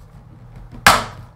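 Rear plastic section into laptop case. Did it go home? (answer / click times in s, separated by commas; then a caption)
yes / 0.9 s. On an HP 15-ak085na (TPN-Q159) laptop during a welded-in keyboard replacement, the rear plastic section of the case is pushed again after an earlier failed attempt. Against a quiet low hum, a single loud, sharp snap rings out at 0.9 s and fades over about half a second. The rear section is seated in the case.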